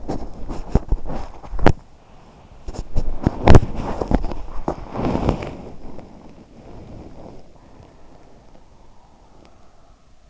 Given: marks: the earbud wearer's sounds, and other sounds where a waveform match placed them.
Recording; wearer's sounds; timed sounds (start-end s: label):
sounds in sleep by an in-ear microphone; body movement
0.00-10.30 s: body movement